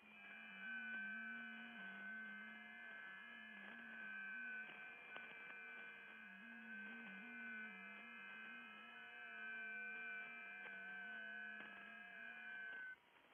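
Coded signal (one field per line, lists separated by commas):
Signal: FT8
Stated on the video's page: Real over-the-air FT8 or JS8Call on 40m via an NVIS dipole, live stream, not SDR or simulation.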